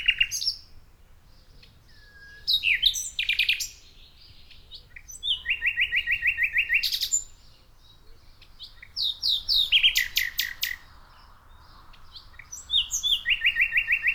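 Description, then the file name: Common nightingale song: loud, varied phrases with rapid repeated notes and sharp high trills, separated by short pauses. "Luscinia megarhynchos"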